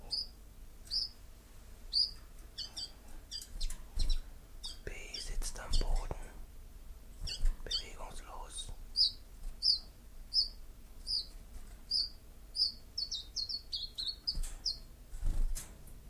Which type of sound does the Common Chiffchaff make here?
song